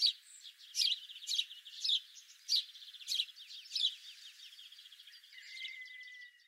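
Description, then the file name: House sparrow chirping: a series of short harsh chirps, then softer chatter, with a thin steady whistle near the end. "Passer domesticus"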